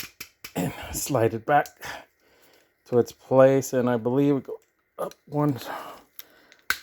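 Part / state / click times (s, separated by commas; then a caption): leg joint into the hip socket of a collectible robot figure / seated / 6.7 s. A detached leg joint is slid back into the hip socket of a plastic/die-cast collectible Threezero Robo-Dou Voltron combining robot figure and pushed until it snaps in. Someone talks for most of the clip, a few faint clicks follow, and a sharp snap at 6.7 s marks the joint seated in place.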